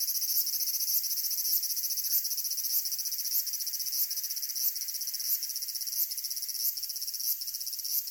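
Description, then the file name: Cicadas droning in a shrill, steady chorus, rhythmic surges recurring about every half second to second, with no other sounds apparent. Cicadas recorded in Tokyo in summer. "INSECT CICADAS TOKYO SUMMER"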